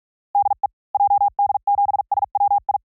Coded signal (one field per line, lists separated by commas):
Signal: Morse code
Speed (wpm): 47 wpm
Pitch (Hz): 810 Hz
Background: none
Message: DE JD7SWI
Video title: Morse CW Training JP Random Callsign Speed from 45 to 55 WPM 400 Calls